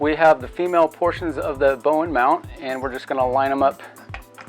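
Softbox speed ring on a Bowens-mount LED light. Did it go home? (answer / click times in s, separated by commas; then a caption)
no / none. Someone talks over background music while lining up the female Bowens mount parts of a Sokani collapsible softbox's speed ring with the mount of a Sokani Bowens-mount LED light. A couple of short, faint taps sound near the end, but nothing has seated or snapped into place yet.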